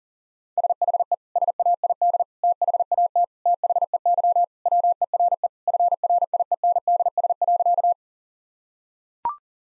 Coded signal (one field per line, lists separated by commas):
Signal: Morse code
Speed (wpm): 40 wpm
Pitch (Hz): 700 Hz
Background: none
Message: SHE SAID THAT THEY WERE FRIENDS.